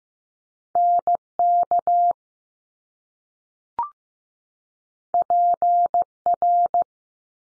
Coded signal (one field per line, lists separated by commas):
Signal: Morse code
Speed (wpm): 15 wpm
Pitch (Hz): 700 Hz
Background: none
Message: N K P R